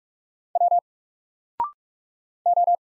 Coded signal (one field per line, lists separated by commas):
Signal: Morse code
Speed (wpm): 44 wpm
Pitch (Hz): 700 Hz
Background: none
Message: W O